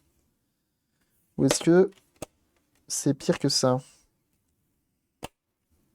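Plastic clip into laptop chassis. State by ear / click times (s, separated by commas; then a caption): seated / 5.2 s. During reassembly of a Dell Inspiron Gaming 15-7577 laptop, a small plastic clip is pressed into place in the laptop chassis while someone talks. One sharp tick is heard at 5.3 s as the clip snaps in and seats.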